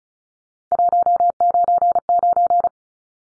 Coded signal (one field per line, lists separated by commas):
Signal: Morse code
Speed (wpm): 34 wpm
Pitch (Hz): 700 Hz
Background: none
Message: 199